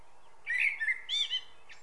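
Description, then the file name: Common blackbird song: a fluted warbling phrase followed by a thin, high twittered flourish over a soft steady background hiss. "Turdus merula"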